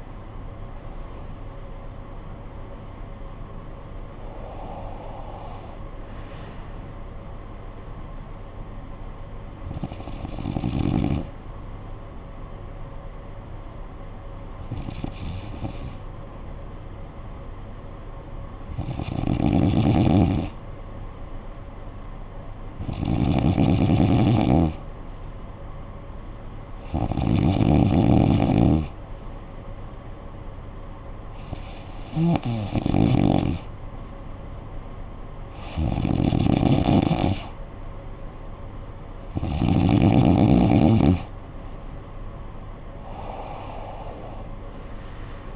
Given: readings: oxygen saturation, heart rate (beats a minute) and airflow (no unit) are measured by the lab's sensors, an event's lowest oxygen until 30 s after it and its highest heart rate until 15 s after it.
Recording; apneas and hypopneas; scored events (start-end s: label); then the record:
breathing in sleep by a smartphone at the bedside; 1
14.00-41.40 s: hypopnea (N2, oxygen 96% highest, then 92% lowest, heart rate 62 at the start, 85 highest)
30.00-45.56 s: new sleep stage, awake
36.00-45.56 s: awake
From the record:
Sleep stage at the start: N2 (light sleep); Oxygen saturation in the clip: 92 to 96%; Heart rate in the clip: 53 to 69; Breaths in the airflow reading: 11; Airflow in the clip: -12.9 to 11.1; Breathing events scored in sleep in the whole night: 445 in 7.6 hours asleep